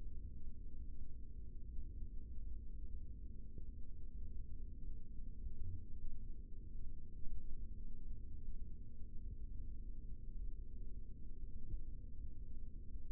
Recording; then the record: forearm muscle sounds (acoustic myography)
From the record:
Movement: rest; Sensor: system 3, bracelet of six PUI Audio POM-2738L microphones around the upper forearm, with dedicated amplification and filtering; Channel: 2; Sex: male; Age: 55 years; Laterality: right